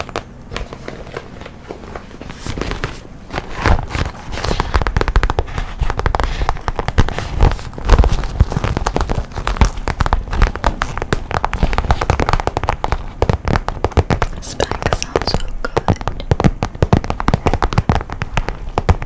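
Tapping, scratching and plucking triggers on a fluffy mic, up close. After a softer first two seconds, a dense, uneven stream of quick taps and scrapes runs almost without pause, with occasional louder hits and a soft rustling underneath.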